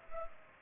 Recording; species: mosquito wingbeat signal from an infrared sensor; Culex pipiens